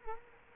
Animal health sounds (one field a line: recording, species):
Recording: mosquito wingbeat signal from an infrared sensor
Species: Culex quinquefasciatus